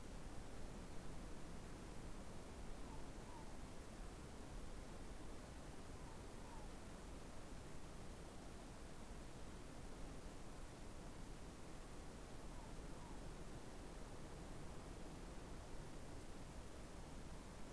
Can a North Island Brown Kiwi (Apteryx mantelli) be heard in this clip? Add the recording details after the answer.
no. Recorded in New Zealand on 24 November 2015. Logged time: 04:12. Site DD67